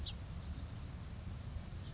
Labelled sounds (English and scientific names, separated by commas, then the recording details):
House Finch (Haemorhous mexicanus)
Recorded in Sonoma County, California